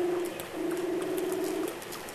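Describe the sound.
Weddell seal low steady tone held for about a second and a half, briefly broken, with faint ticking pulses over it.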